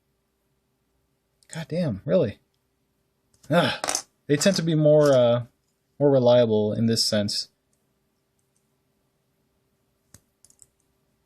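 A binder clip handle is being worked in the grip of another binder clip while someone talks for most of the clip. Near the end, around 10.1 to 10.6 seconds, a few faint, brief ticks are heard. Nothing has seated or clicked yet.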